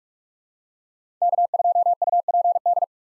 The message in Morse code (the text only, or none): K2UPD